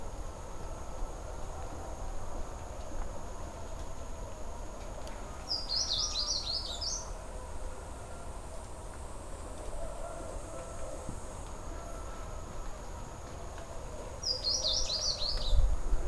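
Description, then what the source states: Blue seedeater with a brief, high jumbled twitter heard twice, about nine seconds apart, against constant low-frequency background noise. Panama, 13 July 2010.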